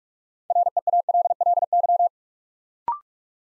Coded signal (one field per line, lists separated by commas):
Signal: Morse code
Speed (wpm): 44 wpm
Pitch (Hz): 700 Hz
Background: none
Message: REALLY